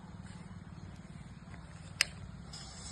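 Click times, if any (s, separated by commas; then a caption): 2.0 s. The spring lock pin on an extended section of an RS 5700 32-foot telescopic pruning saw pole snaps into the locking hole of the outer tube after the lock is opened, the button pressed and the section lined up with the holes. A sharp, bright click at 2.0 s stands out over a steady low hum, with fainter sounds around 1.5 s and 2.5 s. The pin seats and that lock is secured.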